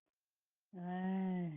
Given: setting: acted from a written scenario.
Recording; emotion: vocal sound without words; shame